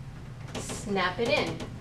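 Someone talks while the curved shower rod end, with its cam arrow facing down, is handled and slid up toward the wall-mounted bracket, with a brief handling sound at about 0.6 s. Nothing has seated or snapped into the wall mount yet.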